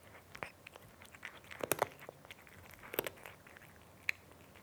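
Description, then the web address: Cat chewing: a quick cluster of crunchy bites and crackles, a short lull, then more sharp crunches and one final click. Cat eating, with a crunchy sound. "BBC Sound Effects Library. Cat Eating (Nice Crunchy Sound)"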